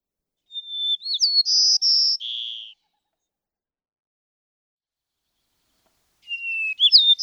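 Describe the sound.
White-crowned sparrow sings a clear whistled opening, then sharper high notes and a closing buzzy trill; after a pause of a few seconds another song begins.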